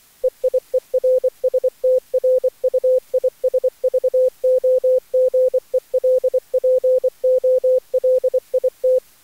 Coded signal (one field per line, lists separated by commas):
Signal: Morse code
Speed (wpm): 24 wpm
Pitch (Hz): 510 Hz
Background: none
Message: EIER STRUISVOGEL POLIT